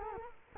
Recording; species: mosquito wingbeat signal from an infrared sensor; Culex quinquefasciatus